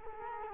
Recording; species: mosquito wingbeat signal from an infrared sensor; Culex quinquefasciatus